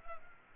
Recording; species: mosquito wingbeat signal from an infrared sensor; Culex pipiens